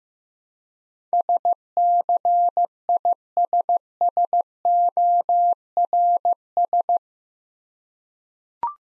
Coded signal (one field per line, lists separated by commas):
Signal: Morse code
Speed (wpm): 15 wpm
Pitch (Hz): 700 Hz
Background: none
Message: SCISSORS